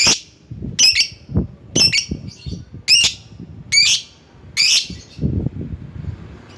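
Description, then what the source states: Lovebird calls: loud harsh screeches repeated roughly once a second, each a rough, high, noisy note. Lovebird calling a rival.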